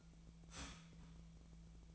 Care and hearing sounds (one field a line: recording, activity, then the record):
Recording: daily activity, microphone in the room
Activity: start toaster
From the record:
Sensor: 1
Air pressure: 1009.3 hPa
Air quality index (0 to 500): 195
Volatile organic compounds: 19 ppm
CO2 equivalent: 2669 ppm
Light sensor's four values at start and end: 28/71/29/35 and 28/71/29/35